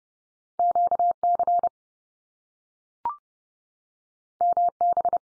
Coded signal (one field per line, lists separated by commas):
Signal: Morse code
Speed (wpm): 30 wpm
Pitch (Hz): 700 Hz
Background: none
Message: QC MB